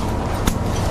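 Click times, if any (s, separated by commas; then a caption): 0.5 s. A metal tent frame bow on a camper trailer's slide-out tent is pushed outward until it clicks into its locking pins, seating at 0.5 s with a sharp broadband snap. Low rumbling and faint knocks fill the rest of the second.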